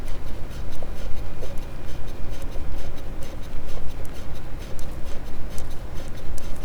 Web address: Physeter Macrocephalus clean cachalot